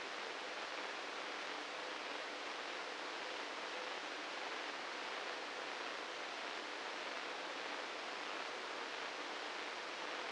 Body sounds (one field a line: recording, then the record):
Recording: brain microelectrode recording played as sound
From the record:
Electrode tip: inside the subthalamic nucleus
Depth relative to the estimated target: -2 mm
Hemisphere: right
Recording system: NeuroSet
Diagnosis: Parkinson's disease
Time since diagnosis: 9 years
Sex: male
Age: 61 years